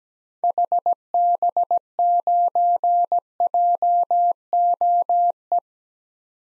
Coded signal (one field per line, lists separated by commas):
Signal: Morse code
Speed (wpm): 17 wpm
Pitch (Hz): 700 Hz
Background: none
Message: HB9JOE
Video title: 2023 SOTA Activator Call Signs - 17wpm